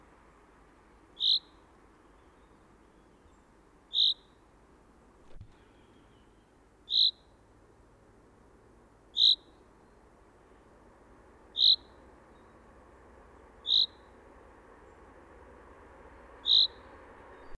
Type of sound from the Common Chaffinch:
call